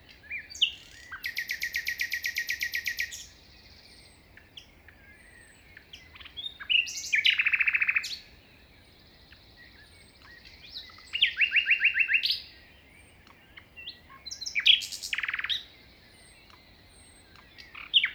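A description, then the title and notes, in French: A nightingale sings in bursts of rapid trills and whistles every few seconds, bright and high, over a faint low rumble. Un vent de rossignol. Plateau de Lesches en diois - 5h05 - Nagra seven - mkh40 - stereo. Un rossignol en bord de chemin ça ne se refuse pas, d'autant que le vent faibli ensuite en fin d'ambiance.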